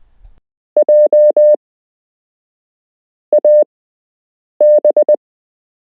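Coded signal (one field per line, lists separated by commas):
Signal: Morse code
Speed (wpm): 20 wpm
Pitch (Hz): 600 Hz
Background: none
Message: JAB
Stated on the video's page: Beginner Morse code lesson with real Morse code to learn.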